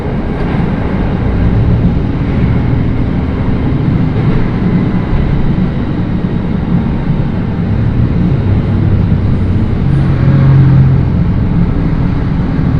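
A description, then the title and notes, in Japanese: A train ride on the Echigo Tokimeki Railway, heard as a steady, dense rumble of the moving carriage with a strong low hum throughout. The level stays even for all thirteen seconds, with a brief low droning tone rising near the ten-second mark. 耳で楽しむ鉄道旅 えちごトキめき鉄道 高田→直江津→糸魚川。ディーゼルカー1両で足りてしまいます。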